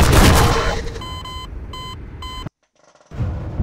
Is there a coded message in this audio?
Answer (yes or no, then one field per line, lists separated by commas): no